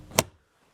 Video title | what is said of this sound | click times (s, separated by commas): FUSE BOX Relay LOCATION Dodge Caravan 2009 2010 2011 2012 2013 2014 2015 2016 2017 2018 2019 2020 | You'll hear a pop. That's the hood being released. | 0.2 s